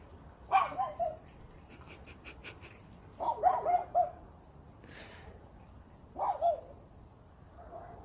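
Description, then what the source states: Crow producing bark-like yelps in short bursts of two or three, about three seconds apart, with a few soft ticking sounds between the first two bursts. Crow imitating a dog.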